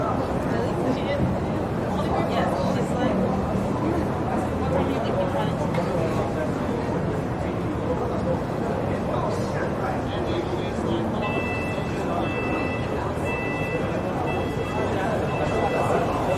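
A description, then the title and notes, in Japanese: Street noise around Town Hall in Sydney, a dense, steady crowd of overlapping voices with no single speaker standing out. Traffic rumble sits low underneath throughout. From around eleven seconds a thin, high, repeating tone pulses on and off, like a crossing signal. シドニー市内 Townhall の騒音。そのメインストリートのGeorge street にて行き交う人々を眺めながらゆっくり過ごします。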